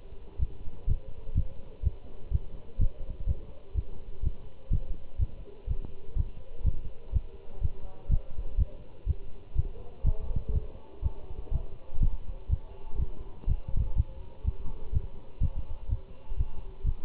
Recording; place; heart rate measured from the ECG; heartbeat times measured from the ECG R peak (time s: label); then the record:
heart sounds by stethoscope; between the tricuspid and mitral areas; 124 bpm
0.40 s: heartbeat
0.88 s: heartbeat
1.36 s: heartbeat
1.84 s: heartbeat
2.32 s: heartbeat
2.80 s: heartbeat
3.28 s: heartbeat
3.76 s: heartbeat
4.24 s: heartbeat
4.72 s: heartbeat
5.20 s: heartbeat
5.69 s: heartbeat
6.17 s: heartbeat
6.65 s: heartbeat
7.14 s: heartbeat
7.62 s: heartbeat
8.11 s: heartbeat
8.59 s: heartbeat
9.08 s: heartbeat
9.57 s: heartbeat
10.05 s: heartbeat
10.54 s: heartbeat
11.03 s: heartbeat
11.53 s: heartbeat
12.02 s: heartbeat
12.51 s: heartbeat
13.00 s: heartbeat
13.48 s: heartbeat
13.97 s: heartbeat
14.46 s: heartbeat
14.94 s: heartbeat
15.42 s: heartbeat
15.90 s: heartbeat
16.38 s: heartbeat
16.86 s: heartbeat
From the record:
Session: Bruce protocol treadmill stress test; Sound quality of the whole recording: good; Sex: male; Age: 25 years